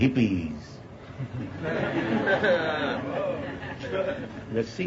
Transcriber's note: laughter